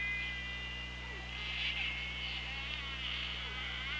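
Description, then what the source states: Orca call: a long, wavering harmonic tone that swells and fades in the middle, heard over constant low hydrophone hum and hiss. Recorded on an OrcaLab hydrophone, 24 August 2017, 17:33.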